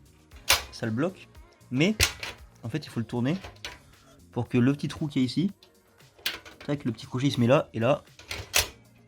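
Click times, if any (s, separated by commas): 8.6 s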